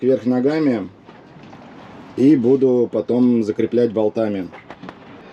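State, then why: Seated. The lower unit (leg) of a Hangkai 7 HP four-stroke outboard motor is fitted onto the upside-down powerhead, which is assembled this way because there is nowhere to mount the leg and set the motor on top; it will be fixed with bolts afterward. Someone talks throughout, and a short, sharp metal-on-metal knock is heard at 4.9 s as the leg seats into place.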